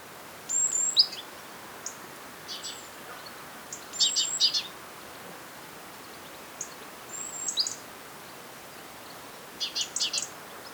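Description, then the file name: Great tit calls: several bursts of high thin notes and short chirps spaced a few seconds apart, with a steady hiss behind. "Parus major"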